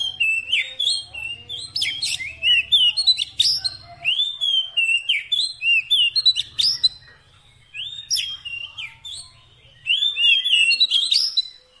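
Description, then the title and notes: Oriental magpie-robin sings almost continuously in rich whistles, slurs and buzzy notes, over a low hum in the background. Long-duration fill-in (isian) song meant to make a kacer sing vigorously (gacor) day and night. "Kacer Jadi Gacor Siang Malam. Isian Kacer Durasi Panjang"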